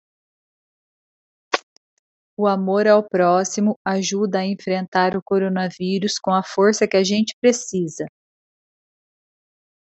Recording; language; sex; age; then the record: spoken sentence; Brazilian Portuguese; female; 40 to 49 years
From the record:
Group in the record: control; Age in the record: 40 years